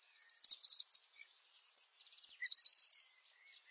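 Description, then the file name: Blue dacnis song: two high, dry, buzzy trills, the first followed by a sharp thin downslurred note, with soft high ticking between them. "Canto do Sai azul"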